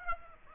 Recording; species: mosquito wingbeat signal from an infrared sensor; Aedes aegypti